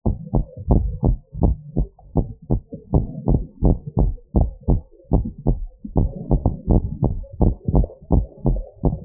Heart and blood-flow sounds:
heart sounds
0.00	0.02	S1
0.02	0.32	systole
0.32	0.44	S2
0.44	0.70	diastole
0.70	0.84	S1
0.84	1.04	systole
1.04	1.16	S2
1.16	1.44	diastole
1.44	1.56	S1
1.56	1.78	systole
1.78	1.88	S2
1.88	2.18	diastole
2.18	2.28	S1
2.28	2.52	systole
2.52	2.62	S2
2.62	2.94	diastole
2.94	3.06	S1
3.06	3.30	systole
3.30	3.42	S2
3.42	3.64	diastole
3.64	3.76	S1
3.76	3.98	systole
3.98	4.12	S2
4.12	4.36	diastole
4.36	4.50	S1
4.50	4.70	systole
4.70	4.82	S2
4.82	5.14	diastole
5.14	5.26	S1
5.26	5.48	systole
5.48	5.62	S2
5.62	5.96	diastole
5.96	6.10	S1
6.10	6.32	systole
6.32	6.42	S2
6.42	6.70	diastole
6.70	6.84	S1
6.84	7.04	systole
7.04	7.14	S2
7.14	7.42	diastole
7.42	7.54	S1
7.54	7.76	systole
7.76	7.86	S2
7.86	8.12	diastole
8.12	8.24	S1
8.24	8.46	systole
8.46	8.60	S2
8.60	8.86	diastole
8.86	8.98	S1
8.98	9.05	systole
From the record:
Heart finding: normal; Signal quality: good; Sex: female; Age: 49 years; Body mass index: 21.1

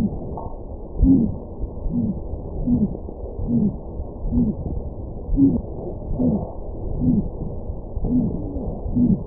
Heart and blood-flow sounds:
heart sounds
0.00	0.09	S1
0.09	0.35	systole
0.35	0.47	S2
0.47	1.01	diastole
1.01	1.19	S1
1.19	1.39	systole
1.39	1.47	S2
1.47	1.91	diastole
1.91	2.03	S1
2.03	2.21	systole
2.21	2.29	S2
2.29	2.69	diastole
2.69	2.83	S1
2.83	3.01	systole
3.01	3.09	S2
3.09	3.51	diastole
3.51	3.63	S1
3.63	3.83	systole
3.83	3.93	S2
3.93	4.35	diastole
4.35	4.49	S1
4.49	4.71	systole
4.71	4.83	S2
4.83	5.33	diastole
5.33	5.51	S1
5.51	5.67	systole
5.67	5.75	S2
5.75	6.21	diastole
6.21	6.33	S1
6.33	6.51	systole
6.51	6.59	S2
6.59	7.03	diastole
7.03	7.19	S1
7.19	7.43	systole
7.43	7.55	S2
7.55	8.09	diastole
8.09	8.23	S1
8.23	8.43	systole
8.43	8.53	S2
8.53	8.97	diastole
8.97	9.09	S1
9.09	9.23	systole
9.23	9.27	S2
From the record:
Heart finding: aortic stenosis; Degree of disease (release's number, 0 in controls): 2 to 3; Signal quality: good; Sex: male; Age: 90 years or older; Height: 1.65 m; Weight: 90 kg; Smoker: yes

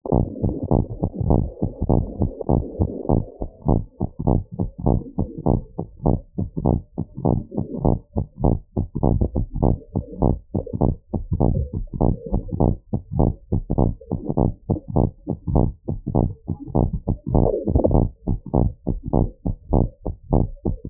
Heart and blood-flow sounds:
heart sounds
0.00	0.12	diastole
0.12	0.26	S1
0.26	0.44	systole
0.44	0.56	S2
0.56	0.72	diastole
0.72	0.86	S1
0.86	1.02	systole
1.02	1.10	S2
1.10	1.28	diastole
1.28	1.42	S1
1.42	1.60	systole
1.60	1.70	S2
1.70	1.90	diastole
1.90	2.04	S1
2.04	2.20	systole
2.20	2.30	S2
2.30	2.50	diastole
2.50	2.64	S1
2.64	2.80	systole
2.80	2.90	S2
2.90	3.10	diastole
3.10	3.22	S1
3.22	3.40	systole
3.40	3.48	S2
3.48	3.68	diastole
3.68	3.82	S1
3.82	4.00	systole
4.00	4.08	S2
4.08	4.28	diastole
4.28	4.42	S1
4.42	4.60	systole
4.60	4.70	S2
4.70	4.88	diastole
4.88	5.00	S1
5.00	5.18	systole
5.18	5.28	S2
5.28	5.48	diastole
5.48	5.60	S1
5.60	5.78	systole
5.78	5.86	S2
5.86	6.06	diastole
6.06	6.20	S1
6.20	6.40	systole
6.40	6.48	S2
6.48	6.66	diastole
6.66	6.80	S1
6.80	6.98	systole
6.98	7.06	S2
7.06	7.26	diastole
7.26	7.38	S1
7.38	7.56	systole
7.56	7.66	S2
7.66	7.86	diastole
7.86	7.98	S1
7.98	8.16	systole
8.16	8.26	S2
8.26	8.44	diastole
8.44	8.58	S1
8.58	8.78	systole
8.78	8.86	S2
8.86	9.04	diastole
9.04	9.18	S1
9.18	9.34	systole
9.34	9.46	S2
9.46	9.64	diastole
9.64	9.78	S1
9.78	9.96	systole
9.96	10.04	S2
10.04	10.22	diastole
10.22	10.38	S1
10.38	10.56	systole
10.56	10.64	S2
10.64	10.82	diastole
10.82	10.96	S1
10.96	11.14	systole
11.14	11.22	S2
11.22	11.42	diastole
11.42	11.58	S1
11.58	11.76	systole
11.76	11.84	S2
11.84	12.02	diastole
12.02	12.14	S1
12.14	12.34	systole
12.34	12.44	S2
12.44	12.62	diastole
12.62	12.76	S1
12.76	12.92	systole
12.92	13.00	S2
13.00	13.18	diastole
13.18	13.34	S1
13.34	13.52	systole
13.52	13.62	S2
13.62	13.80	diastole
13.80	13.92	S1
13.92	14.10	systole
14.10	14.18	S2
14.18	14.38	diastole
14.38	14.52	S1
14.52	14.70	systole
14.70	14.78	S2
14.78	14.96	diastole
14.96	15.10	S1
15.10	15.28	systole
15.28	15.36	S2
15.36	15.54	diastole
15.54	15.70	S1
15.70	15.90	systole
15.90	15.98	S2
15.98	16.16	diastole
16.16	16.30	S1
16.30	16.48	systole
16.48	16.56	S2
16.56	16.76	diastole
16.76	16.90	S1
16.90	17.08	systole
17.08	17.16	S2
17.16	17.34	diastole
17.34	17.48	S1
17.48	17.66	systole
17.66	17.74	S2
17.74	17.92	diastole
17.92	18.08	S1
18.08	18.28	systole
18.28	18.38	S2
18.38	18.60	diastole
18.60	18.72	S1
18.72	18.88	systole
18.88	18.98	S2
18.98	19.14	diastole
19.14	19.28	S1
19.28	19.46	systole
19.46	19.54	S2
19.54	19.72	diastole
19.72	19.88	S1
19.88	20.06	systole
20.06	20.14	S2
20.14	20.34	diastole
20.34	20.48	S1
20.48	20.66	systole
20.66	20.76	S2
20.76	20.90	diastole
From the record:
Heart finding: normal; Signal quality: good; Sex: female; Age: 67 years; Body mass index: 23.7

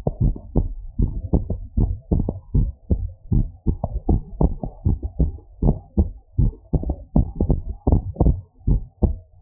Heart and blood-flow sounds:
heart sounds
0.00	0.21	diastole
0.21	0.35	S1
0.35	0.57	systole
0.57	0.67	S2
0.67	0.99	diastole
0.99	1.11	S1
1.11	1.33	systole
1.33	1.43	S2
1.43	1.77	diastole
1.77	1.91	S1
1.91	2.13	systole
2.13	2.25	S2
2.25	2.55	diastole
2.55	2.69	S1
2.69	2.91	systole
2.91	3.01	S2
3.01	3.33	diastole
3.33	3.47	S1
3.47	3.67	systole
3.67	3.77	S2
3.77	4.09	diastole
4.09	4.21	S1
4.21	4.41	systole
4.41	4.53	S2
4.53	4.87	diastole
4.87	4.99	S1
4.99	5.21	systole
5.21	5.31	S2
5.31	5.63	diastole
5.63	5.77	S1
5.77	5.99	systole
5.99	6.09	S2
6.09	6.39	diastole
6.39	6.51	S1
6.51	6.75	systole
6.75	6.85	S2
6.85	7.17	diastole
7.17	7.29	S1
7.29	7.51	systole
7.51	7.59	S2
7.59	7.87	diastole
7.87	8.01	S1
8.01	8.25	systole
8.25	8.37	S2
8.37	8.69	diastole
8.69	8.83	S1
8.83	9.03	systole
9.03	9.15	S2
9.15	9.42	diastole
From the record:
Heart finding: abnormal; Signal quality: good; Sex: female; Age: 80 years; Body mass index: 31.6

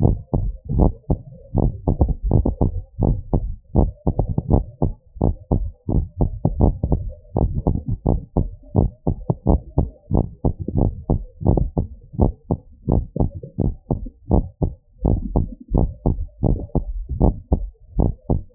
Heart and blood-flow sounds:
heart sounds
0.00	0.03	diastole
0.03	0.17	S1
0.17	0.41	systole
0.41	0.53	S2
0.53	0.75	diastole
0.75	0.91	S1
0.91	1.17	systole
1.17	1.27	S2
1.27	1.57	diastole
1.57	1.73	S1
1.73	1.99	systole
1.99	2.11	S2
2.11	2.33	diastole
2.33	2.47	S1
2.47	2.67	systole
2.67	2.77	S2
2.77	3.03	diastole
3.03	3.17	S1
3.17	3.41	systole
3.41	3.51	S2
3.51	3.77	diastole
3.77	3.91	S1
3.91	4.17	systole
4.17	4.27	S2
4.27	4.51	diastole
4.51	4.63	S1
4.63	4.83	systole
4.83	4.93	S2
4.93	5.23	diastole
5.23	5.35	S1
5.35	5.59	systole
5.59	5.69	S2
5.69	5.95	diastole
5.95	6.05	S1
6.05	6.21	systole
6.21	6.31	S2
6.31	6.59	diastole
6.59	6.73	S1
6.73	6.93	systole
6.93	7.05	S2
7.05	7.37	diastole
7.37	7.51	S1
7.51	7.73	systole
7.73	7.81	S2
7.81	8.07	diastole
8.07	8.21	S1
8.21	8.43	systole
8.43	8.51	S2
8.51	8.77	diastole
8.77	8.89	S1
8.89	9.13	systole
9.13	9.21	S2
9.21	9.47	diastole
9.47	9.61	S1
9.61	9.79	systole
9.79	9.89	S2
9.89	10.13	diastole
10.13	10.25	S1
10.25	10.45	systole
10.45	10.53	S2
10.53	10.77	diastole
10.77	10.91	S1
10.91	11.11	systole
11.11	11.21	S2
11.21	11.47	diastole
11.47	11.63	S1
11.63	11.85	systole
11.85	11.93	S2
11.93	12.19	diastole
12.19	12.33	S1
12.33	12.57	systole
12.57	12.63	S2
12.63	12.89	diastole
12.89	13.05	S1
13.05	13.29	systole
13.29	13.37	S2
13.37	13.65	diastole
13.65	13.75	S1
13.75	13.99	systole
13.99	14.07	S2
14.07	14.33	diastole
14.33	14.45	S1
14.45	14.67	systole
14.67	14.75	S2
14.75	15.05	diastole
15.05	15.19	S1
15.19	15.37	systole
15.37	15.47	S2
15.47	15.75	diastole
15.75	15.91	S1
15.91	16.15	systole
16.15	16.25	S2
16.25	16.49	diastole
16.49	16.61	S1
16.61	16.87	systole
16.87	16.97	S2
16.97	17.23	diastole
17.23	17.35	S1
17.35	17.59	systole
17.59	17.69	S2
17.69	17.99	diastole
17.99	18.11	S1
18.11	18.35	systole
18.35	18.43	S2
18.43	18.55	diastole
From the record:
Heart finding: normal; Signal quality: good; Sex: female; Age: 33 years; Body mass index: 28.6

